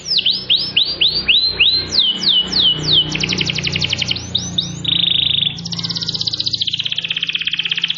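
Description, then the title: Canary song: a run of descending swooping whistles, then fast buzzy trills and a steady high rolling trill, with a faint low hum beneath. Canary singing a long-duration song in the cengkok style. "Cengkok Kenari Mewah. Kenari mewah durasi panjang. Cengkok enak gaya istimewa"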